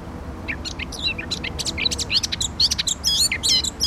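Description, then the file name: Eurasian blackcap song: a brisk, chattering warble of high notes that grows louder, over low background noise. "Sylvia atricapilla"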